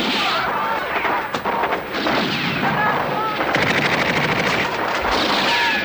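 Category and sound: sound effect, gunshots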